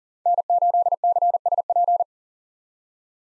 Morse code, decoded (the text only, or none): N8CSP